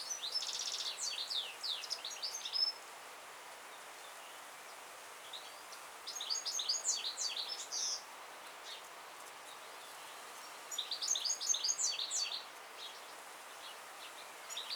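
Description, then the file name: European goldfinch singing in three short bursts of bright twittering notes and buzzy trills, separated by quiet pauses of several seconds. "Carduelis carduelis"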